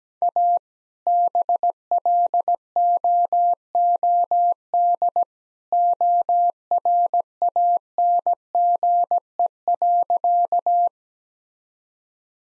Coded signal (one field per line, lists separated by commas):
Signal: Morse code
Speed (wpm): 17 wpm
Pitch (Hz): 700 Hz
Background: none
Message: A BLOOD ORANGE.